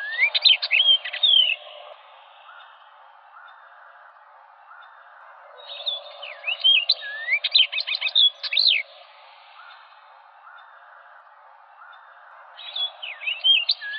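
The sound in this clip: Orchard oriole song: quick jumbled bursts of whistled, slurred notes, some rising and some falling, in bouts of one to three seconds about every six seconds, with soft lower notes pulsing beneath.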